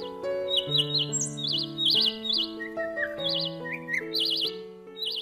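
Birds chirp and trill in the morning in quick, high-pitched warbling phrases over a steady sustained musical background, with no talking.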